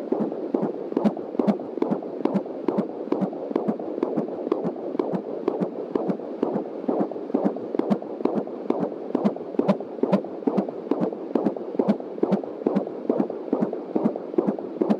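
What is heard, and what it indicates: Fast, regular whooshing heartbeat of a baby girl at about 21 weeks of pregnancy, heard on a home Doppler fetal heart monitor through an external speaker, found just past the pubic line; about 140 beats a minute, within the normal range of 120 to 150.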